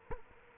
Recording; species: mosquito wingbeat signal from an infrared sensor; Culex quinquefasciatus